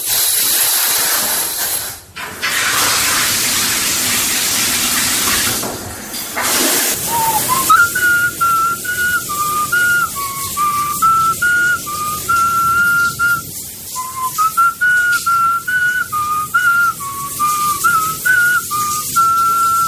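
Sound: person whistling a tune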